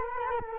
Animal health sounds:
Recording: mosquito wingbeat signal from an infrared sensor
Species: Culex quinquefasciatus

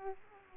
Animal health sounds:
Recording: mosquito wingbeat signal from an infrared sensor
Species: Aedes aegypti

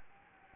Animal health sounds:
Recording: mosquito wingbeat signal from an infrared sensor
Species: Anopheles gambiae

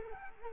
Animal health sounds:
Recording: mosquito wingbeat signal from an infrared sensor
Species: Culex quinquefasciatus

